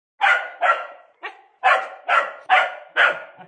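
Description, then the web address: Small dog yapping: seven sharp barks in about three seconds. Yappy dog barking six times. "SFXSource AOS Yppy Dog"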